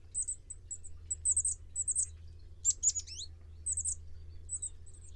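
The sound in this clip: Bird producing a rapid run of tiny high-pitched ticks and chirps, broken by one louder sweeping burst midway, with a low steady hum beneath.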